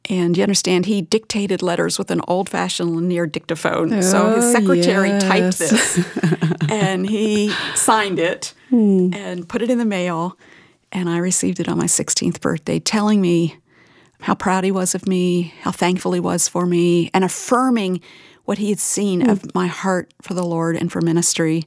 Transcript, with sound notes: You understand, he dictated letters with an old-fashioned Lanier dictaphone, so his secretary typed this.
Oh, yes! (laughter)
He signed it and put it in the mail, and I received it on my sixteenth birthday, telling me how proud he was of me, how thankful he was for me and affirming what he had seen of my heart for the Lord and for ministry.